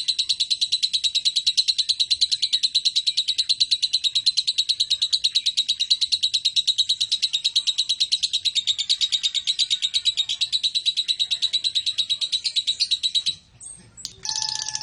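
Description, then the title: Lovebird giving a long, steady stream of rapid, high, buzzy chirps that breaks off near the end. East Java, Indonesia. "Super Lovebird Jawa Timur"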